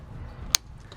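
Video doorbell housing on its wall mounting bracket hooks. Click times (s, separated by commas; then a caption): 0.5 s. An old video doorbell's plastic housing, held tightly on its wall mounting plate, is pushed up from the bottom until it snaps free of the bracket hooks with one sharp snap at 0.5 s. A much fainter tick follows at 0.9 s over low background rumble, and the unit is released from its mount.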